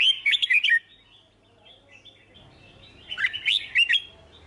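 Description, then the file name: Red-whiskered bulbul song: two short bursts of bright, warbled, chirpy phrases, one at the start and one after a pause of about two seconds. Song described as 'hót chè'. "Tieng chao mao hot che"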